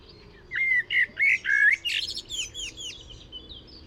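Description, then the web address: Common blackbird with a few loud, liquid whistled notes, then a softer run of high, scratchy twittering that trails away. "SETE data Turdus merula"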